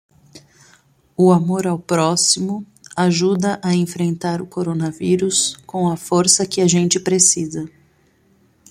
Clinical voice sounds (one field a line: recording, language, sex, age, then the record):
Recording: spoken sentence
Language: Brazilian Portuguese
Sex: female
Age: 30 to 39 years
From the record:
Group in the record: control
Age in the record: 36 years